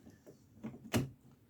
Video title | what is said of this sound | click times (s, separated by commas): Disassembling and Reassembling a Brother Ribber | So now we're locked into place. | 0.9 s